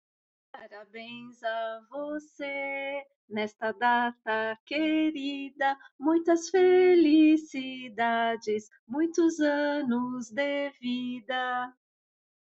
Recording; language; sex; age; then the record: short text; Brazilian Portuguese; female; 50 to 59 years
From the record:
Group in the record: control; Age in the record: 55 years